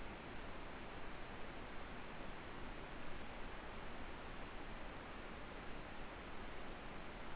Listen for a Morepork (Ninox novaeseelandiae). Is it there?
no